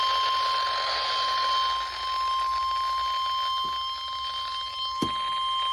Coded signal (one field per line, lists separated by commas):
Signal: Emergency Alert System (SAME) tones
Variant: 1050 Hz attention tone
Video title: August 2023 EAS Alerts (#1,866 - 1,889)